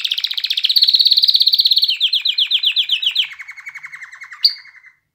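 Canary song: rapid trilled tours, a fast rattling series sliding gradually lower, then a lower trill and a brief bright note near the end.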